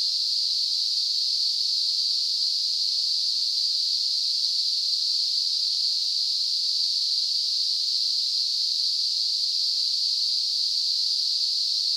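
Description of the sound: Simulated tinnitus: a steady, unbroken hissing noise in a narrow band centered around 4 to 5 kHz, holding a constant level throughout, with no low-frequency content.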